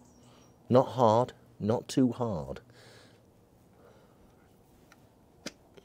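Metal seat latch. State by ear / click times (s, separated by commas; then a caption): released / 5.5 s. On a BSA Gold Star motorcycle, the seat-release pull under the seat is drawn about a centimetre by its pull cable while someone talks. After a quiet stretch, the seat latch gives a sharp click at 5.5 s and releases the seat.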